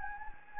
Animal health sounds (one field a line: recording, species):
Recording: mosquito wingbeat signal from an infrared sensor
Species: Anopheles gambiae